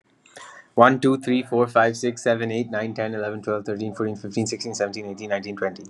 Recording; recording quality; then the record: counting at a fast pace; excellent, no background noise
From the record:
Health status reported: COVID-19 positive, mild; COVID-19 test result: positive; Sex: male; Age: 24 years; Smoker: no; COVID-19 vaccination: both doses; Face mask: not worn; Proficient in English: yes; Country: India